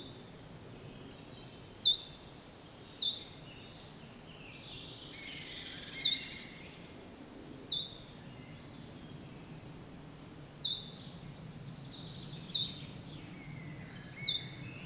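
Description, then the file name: Great tit repeating a squeaky two-note phrase, high then lower, in a long steady series. "Parus major"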